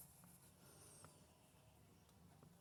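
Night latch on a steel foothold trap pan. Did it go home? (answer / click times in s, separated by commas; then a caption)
no / none. Someone handles a steel foothold trap, spreading its jaws and working the pan toward the small night latch. Faint short taps and handling noise sit over a steady low hum, and nothing has seated or clicked yet.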